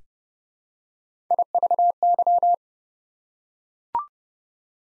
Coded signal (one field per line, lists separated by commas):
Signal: Morse code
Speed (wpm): 28 wpm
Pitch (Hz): 700 Hz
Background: none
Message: IVY